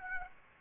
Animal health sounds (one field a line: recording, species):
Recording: mosquito wingbeat signal from an infrared sensor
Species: Aedes aegypti